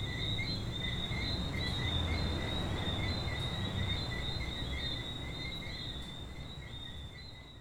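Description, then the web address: Coqui frogs calling in a dense chorus, many overlapping short whistled chirps repeating without pause, with a steady low rumble underneath that fades toward the end. Frogs at a beach in Venezuela. "venezuela frogs Coqui playa"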